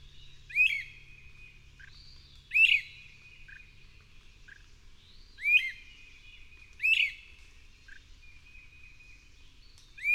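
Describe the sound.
Bird song: loud whistled sweeping phrases repeated at irregular intervals, with quieter notes in between and a low hum in the background.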